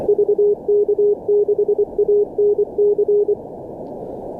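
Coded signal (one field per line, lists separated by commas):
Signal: Morse code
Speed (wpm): 24 wpm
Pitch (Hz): 410 Hz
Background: none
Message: VK6ANC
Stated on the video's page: Simulated CW contest traffic from the Morse Runner 1.68 contest simulator software.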